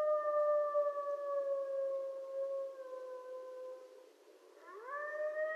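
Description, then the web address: Coyote howling, a long slightly falling tone fading out, then a fresh howl swooping upward near the end. Several coyotes recorded on 12 November 2012. "Coyote 2012 11 12 Coyotes"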